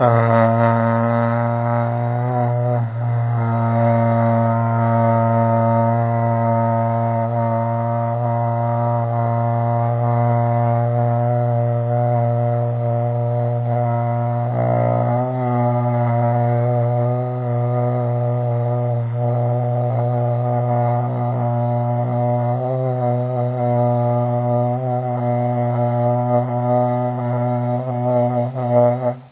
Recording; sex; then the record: sustained vowel /a/; male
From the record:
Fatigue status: no fatigue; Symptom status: asymptomatic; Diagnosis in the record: COVID-19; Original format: 3gp